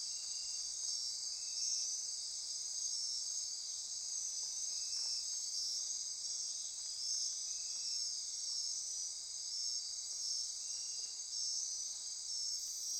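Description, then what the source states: Insect chorus: many callers producing a constant high ringing trill, with short pulsed phrases surfacing now and then beneath it. Insect chorus recorded at midnight near Corcovado.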